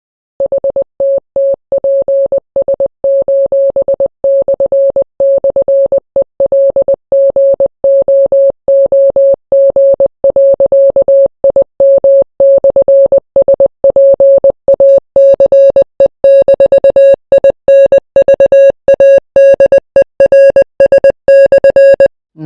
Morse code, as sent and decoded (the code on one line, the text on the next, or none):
.... - - .--. ... ---... -..-. -..-. . .-.. --. --- --- --. .-.-.- .. -- -..-. ... .--. .- -.-. . -....- .. -. ...- .- -.. . .-. ... -..-.
HTTPS://ELGOOG.IM/SPACE-INVADERS/